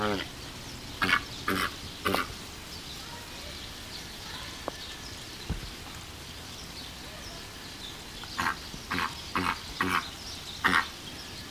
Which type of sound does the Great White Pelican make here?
call